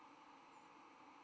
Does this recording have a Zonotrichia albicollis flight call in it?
yes